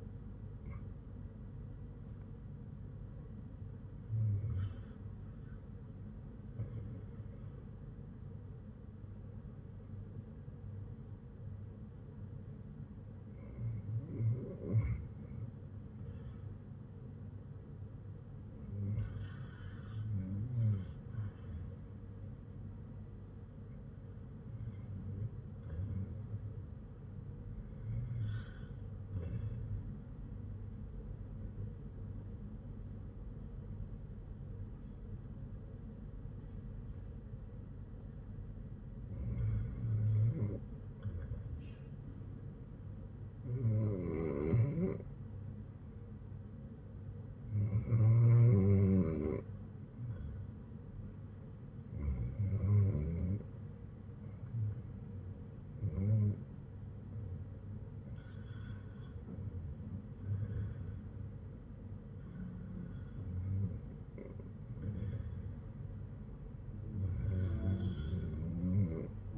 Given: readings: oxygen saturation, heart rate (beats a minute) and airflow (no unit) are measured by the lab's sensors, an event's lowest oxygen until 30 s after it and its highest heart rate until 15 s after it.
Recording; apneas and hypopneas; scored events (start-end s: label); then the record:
breathing in sleep by a smartphone at the bedside; 1
29.00-58.20 s: hypopnea (REM, oxygen 98% highest, then 92% lowest, heart rate 59 at the start, 63 highest)
From the record:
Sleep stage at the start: REM sleep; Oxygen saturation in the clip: 94 to 98%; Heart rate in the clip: 57 to 63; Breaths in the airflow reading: 14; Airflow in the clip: -4.9 to 4.9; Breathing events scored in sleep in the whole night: 182 in 7.4 hours asleep